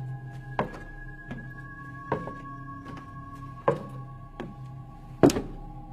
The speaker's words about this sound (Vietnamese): Trong lúc bà còn đang ngó nghiêng thì lại có tiếng chân bước cùng cộp vang lên trong căn nhà vốn đã rộng thanh thang nhưng vắng người.